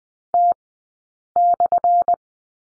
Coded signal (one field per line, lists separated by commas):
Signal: Morse code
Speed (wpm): 20 wpm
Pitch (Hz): 700 Hz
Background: none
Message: T/